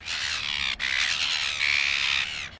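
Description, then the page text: Silver gull giving harsh, raspy aggressive squawks: two long strained calls run back to back, the second drawn out for nearly two seconds. Aggressive call of an Australian bird. "Bird Silver Gull Agressive Call. Australian birds"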